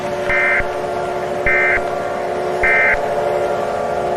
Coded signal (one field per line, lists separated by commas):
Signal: Emergency Alert System (SAME) tones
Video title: New Years Tornado (EAS New Years Special)